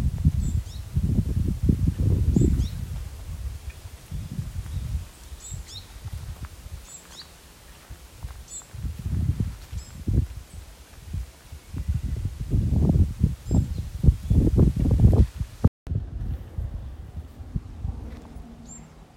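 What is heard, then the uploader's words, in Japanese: Birds chirp on and off throughout, short high thin calls scattered every second or so, soft. Heavy low rumbling gusts, like wind buffeting the microphone, swell near the start and again around ten to fifteen seconds, with a brief cut-out just before sixteen seconds. ひたすらさえずり。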